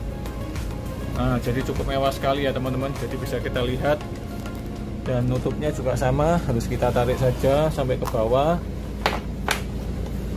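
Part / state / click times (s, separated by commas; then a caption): roller blind bottom bar into its lock at the bus window frame / seated / 9.1 s, 9.5 s. A roller blind on a bus window is pulled down to the bottom until its bottom bar catches in the lock at the window frame, while someone talks over background music. Two sharp clicks at 9.1 s and 9.5 s mark the bar locking in place, and the blind is locked again.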